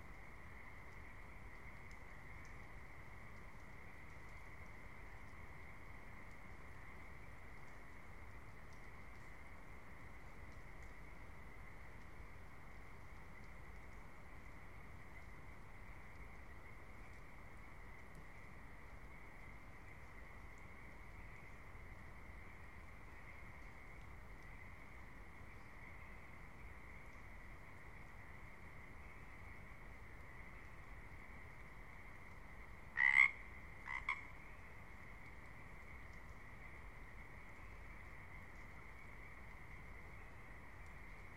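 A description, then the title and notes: Pacific Chorus Frogs keep up a dense, unbroken trilling drone that stays steady and fairly high-pitched from start to finish, over a soft low rumble. Around the 33-second mark two short, sharp calls stand out loudly above the chorus, then it settles back. Spring is when Olympic is at its most musical. Delight in the sounds of Pacific Chorus Frogs, the Varied Thrush, grouse, and many more.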